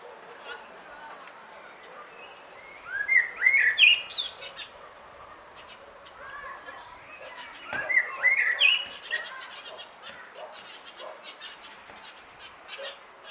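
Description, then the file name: Common blackbird singing two mellow whistled phrases, each closing in a thin high flourish, about five seconds apart. "Turdus merula"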